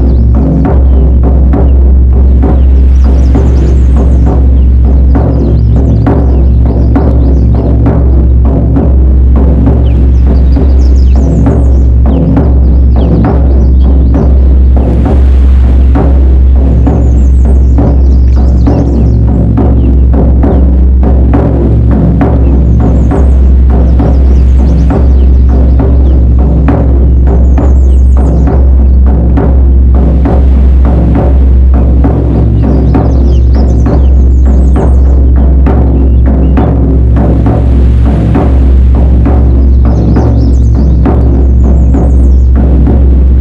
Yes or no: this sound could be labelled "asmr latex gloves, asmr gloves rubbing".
no